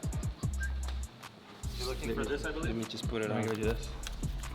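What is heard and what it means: A body trim piece, a guide for building out a flare on a G80 M3 widebody build, is handled and fitted against the car body while someone talks over background music, with a few short knocks and handling sounds. Nothing has seated or clicked yet.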